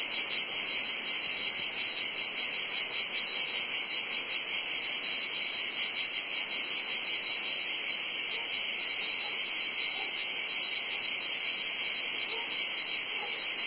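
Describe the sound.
Cicadas giving a sustained, piercing buzz with a slight flutter in its texture, unchanging from start to finish.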